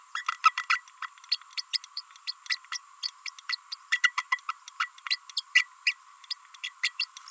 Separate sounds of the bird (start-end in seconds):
0.15-0.25, 0.44-0.53, 0.57-0.67, 0.69-0.81, 1.02-1.07, 1.31-1.37, 1.57-1.61, 1.73-1.77, 1.97-2.01, 2.27-2.32, 2.49-2.58, 3.02-3.08, 3.25-3.29, 3.49-3.56, 3.71-3.75, 3.91-4.01, 4.03-4.12, 4.17-4.22, 4.31-4.38, 4.48-4.51, 4.79-4.88, 5.10-5.16, 5.36-5.41, 5.55-5.64, 5.86-5.95, 6.30-6.34, 6.63-6.69, 6.83-6.92, 6.99-7.05